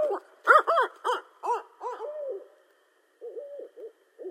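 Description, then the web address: Barred owl hoots in a loud burst of rich notes, then fainter hoots with a slurred drawn-out note. Recorded 18 March 2012. "Barred Owl 2012 03 18"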